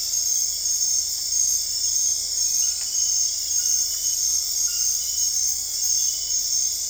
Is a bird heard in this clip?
no